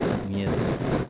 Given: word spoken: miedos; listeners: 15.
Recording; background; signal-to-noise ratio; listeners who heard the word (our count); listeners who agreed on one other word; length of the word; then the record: one Spanish word in noise, from a listening test; noise modulated by three-talker babble; -5.2 dB; 1 of 15; 11 of 15; 0.70 s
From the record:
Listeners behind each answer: 11, 2, 1, 1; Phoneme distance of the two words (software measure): 7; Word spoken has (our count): 2 syllables, 6 phonemes, stress on syllable 1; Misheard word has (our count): 2 syllables, 5 phonemes, stress on syllable 1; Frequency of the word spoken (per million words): 5.65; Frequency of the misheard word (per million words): 118.30